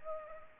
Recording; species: mosquito wingbeat signal from an infrared sensor; Culex pipiens